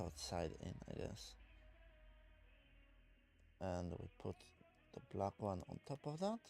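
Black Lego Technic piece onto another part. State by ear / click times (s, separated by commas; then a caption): not seated / none. A black plastic Lego Technic piece is handled and positioned on top of another part during assembly of the LEGO Peugeot 9X8 Le Mans 24h Hypercar set 42156, while someone talks. Only speech and faint handling noise are heard; nothing has seated or clicked yet.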